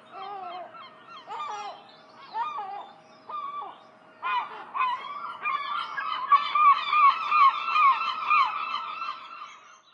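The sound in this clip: Herring gulls calling: a few separate wailing notes at first, then a dense chorus of rapid yelps from several birds.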